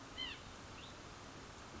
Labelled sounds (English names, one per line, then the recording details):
White-breasted Nuthatch
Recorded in Sonoma County, California